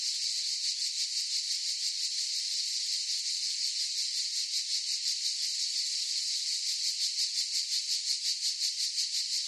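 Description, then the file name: Many cicadas buzzing together in a shrill, steady wall of sound with regular rapid throbbing, nothing else clearly heard. Cicadas in a forest chorus. "gain walkers CICADAS Forest Chorus"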